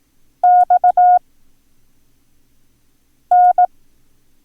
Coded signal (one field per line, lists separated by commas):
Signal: Morse code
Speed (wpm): 18 wpm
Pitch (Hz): 720 Hz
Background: none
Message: XN